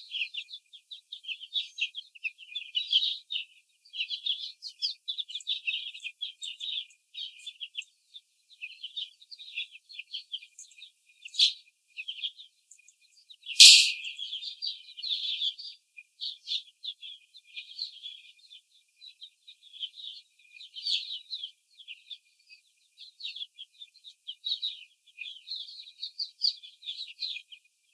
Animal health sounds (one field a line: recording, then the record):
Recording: young laying hens in a cage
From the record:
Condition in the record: before the stressor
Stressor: simulated dog barking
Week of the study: 4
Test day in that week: 3